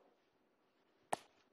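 A magnetic keyboard cover is attached again to a tablet's magnetic connector and seats with one sharp snap at 1.1 seconds. Before and after the snap there is only a faint low background. Someone talks around the attachment.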